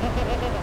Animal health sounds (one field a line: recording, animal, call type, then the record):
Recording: contact call of a hoofed animal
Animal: goat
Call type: low-frequency (closed-mouth) or high-frequency (open-mouth) call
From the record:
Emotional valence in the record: negative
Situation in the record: short social isolation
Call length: 0.63 s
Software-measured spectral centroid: 1790 Hz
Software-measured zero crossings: 1300 a second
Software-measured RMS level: -24 dBFS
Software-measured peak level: -12 dBFS